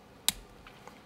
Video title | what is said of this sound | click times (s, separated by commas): Pentel Floatune Rollerball Pen Review | Nice click in place. | 0.3 s